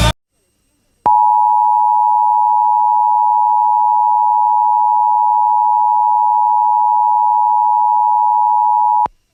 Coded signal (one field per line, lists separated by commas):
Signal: Emergency Alert System (SAME) tones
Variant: 853 and 960 Hz attention tone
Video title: WJON IP & KLTRADIO EMERGENCY ALERT SYSTEM COMPILATION!!